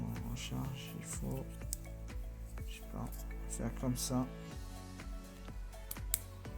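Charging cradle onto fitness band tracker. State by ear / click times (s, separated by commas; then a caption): seated / 5.9 s, 6.1 s. A plastic charging cradle is fitted onto the back of a Honor Band 5 fitness band tracker while someone talks over background music. Sharp clicks are heard at 5.9 and 6.1 seconds, showing the cradle is properly fitted and secured.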